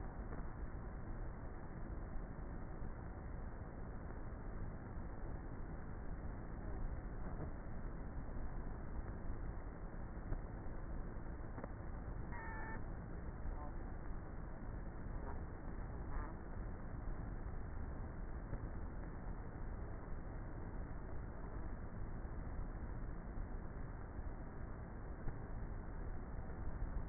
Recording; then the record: honeybee colony, microphone inside the hive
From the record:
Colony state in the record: queenless with a low population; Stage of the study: before two queens were removed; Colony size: about 30,000 bees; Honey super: no